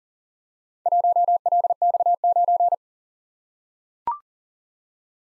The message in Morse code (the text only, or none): 1LX9